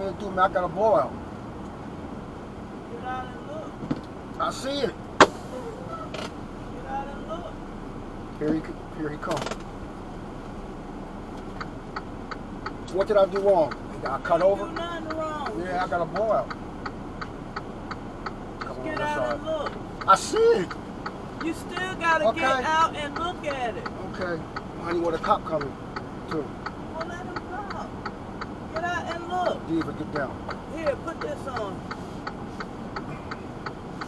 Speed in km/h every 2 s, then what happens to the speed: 0, 0, 0, 0, 0, 0, 0, 0, 0, 0, 0, 0, 0, 0, 0, 0, 0.
0-34 standing.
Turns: none.